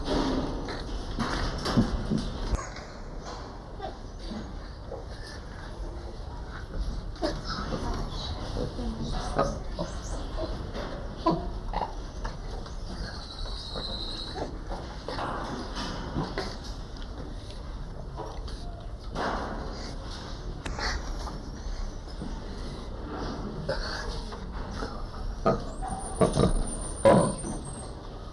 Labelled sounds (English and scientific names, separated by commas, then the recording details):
Brown Howler Monkey (Alouatta guariba) call
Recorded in captivity
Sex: pair
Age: diverse
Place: Primatenstation Kassel, Hessen, DE
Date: 1995-09-24 13:55
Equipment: Sony WM-D6C, Sennheiser ME 80, Kopie Uher 4000 Report Monitor
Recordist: Tembrock, Günter
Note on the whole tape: Laute eines Paares